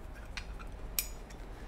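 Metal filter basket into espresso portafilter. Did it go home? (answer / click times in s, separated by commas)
yes / 0.4 s, 1.0 s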